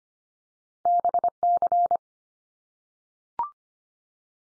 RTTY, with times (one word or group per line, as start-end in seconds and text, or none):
none